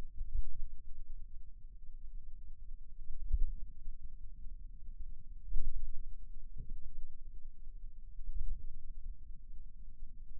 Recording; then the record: forearm muscle sounds (acoustic myography)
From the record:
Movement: finger pinch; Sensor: system 2, bracelet of six BSWA MPA416 microphones around the upper forearm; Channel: 5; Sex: male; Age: 22 years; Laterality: right